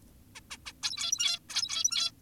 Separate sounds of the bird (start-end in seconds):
0.36-0.40, 0.51-0.58, 0.66-0.73, 0.83-1.39, 1.49-2.12